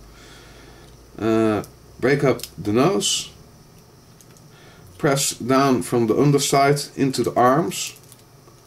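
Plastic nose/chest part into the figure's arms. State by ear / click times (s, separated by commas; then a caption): not seated / none. Someone talks while handling a plastic transforming toy figure, breaking up the nose and pressing the plastic nose/chest part down from the underside into the figure's arms, which is done this way so the parts don't come loose. Nothing has seated or clicked into the arms yet.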